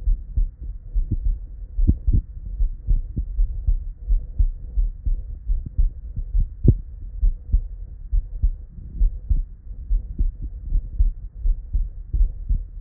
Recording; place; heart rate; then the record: heart sounds by stethoscope; Erb's point; 71 bpm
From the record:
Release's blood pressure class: normal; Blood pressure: 119/64 mmHg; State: at rest